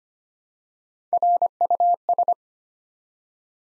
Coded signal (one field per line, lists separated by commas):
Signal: Morse code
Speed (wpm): 25 wpm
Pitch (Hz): 700 Hz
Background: none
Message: RUS